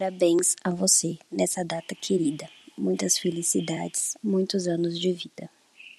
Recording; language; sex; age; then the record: short text; Brazilian Portuguese; female; 20 to 29 years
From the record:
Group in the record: control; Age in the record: 22 years